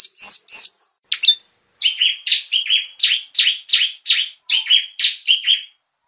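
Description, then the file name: Bar-winged prinia song: two loud, harsh notes, then a steady run of about a dozen rapid, buzzy, downslurred chirps, evenly paced. "suara burung ciblek semi"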